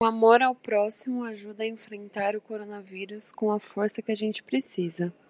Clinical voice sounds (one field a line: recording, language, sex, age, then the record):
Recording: spoken sentence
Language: Brazilian Portuguese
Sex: female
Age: 20 to 29 years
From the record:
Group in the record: control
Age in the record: 22 years